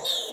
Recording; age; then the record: pig call; piglet (1 to 25 days)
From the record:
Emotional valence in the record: negative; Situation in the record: fighting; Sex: male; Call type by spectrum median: high-frequency call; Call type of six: high-frequency stable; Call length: 0.32 s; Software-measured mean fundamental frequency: 99 Hz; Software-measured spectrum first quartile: 2266 Hz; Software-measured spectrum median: 3562 Hz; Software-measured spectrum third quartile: 4152 Hz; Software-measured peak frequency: 3683 Hz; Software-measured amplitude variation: 102 dB a second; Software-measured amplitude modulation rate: 17.1 a second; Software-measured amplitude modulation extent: 6.0 dB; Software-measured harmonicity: 7.2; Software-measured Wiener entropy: -2.72